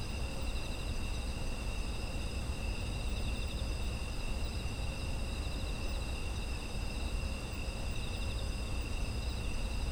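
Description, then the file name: Insects trilling without pause, a few overlapping high buzzy tones holding steady throughout, with a low rumbling background. Autumn insect ambient sound. "秋の虫の環境音"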